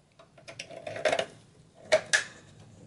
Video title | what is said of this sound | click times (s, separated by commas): Dell Optiplex 740 Upgrade CPU Video Card RAM Hard Drive | you hear two clicks that means memory installed and two more | 0.6 s, 1.1 s